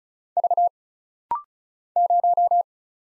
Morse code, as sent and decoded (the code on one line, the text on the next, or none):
...- / -----
V 0